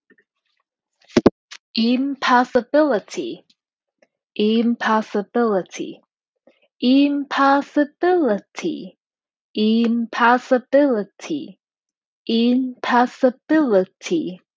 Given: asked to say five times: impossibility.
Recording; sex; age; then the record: repeated word; female; 30 to 39 years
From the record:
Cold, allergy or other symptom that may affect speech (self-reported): no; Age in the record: 31 years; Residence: California, United States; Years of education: 18